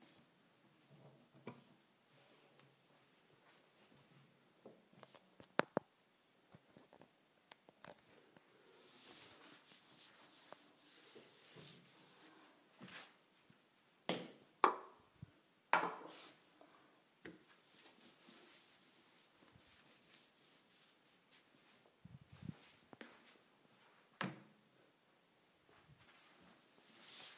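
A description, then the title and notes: Kitchen appliances being cleaned with scattered rubbing and wiping, sharp knocks near 6, 15 and 24 seconds, and quieter scrubbing between. ASMR Cleaning Kitchen Appliances.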